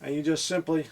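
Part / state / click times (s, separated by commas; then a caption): trigger guard holster onto pistol trigger guard / not seated / none. A minimalist plastic trigger-guard holster is being handled next to a Glock 19 trigger guard, ready to be pressed on. Only someone talking is heard, and nothing has clicked or seated yet.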